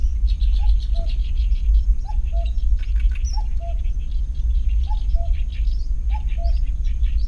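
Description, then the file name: Common cuckoo giving several repeated falling two-note cu-coo calls over busy twittering of other birds and a constant deep background rumble. "cuckoo-common Cuculus-canorus"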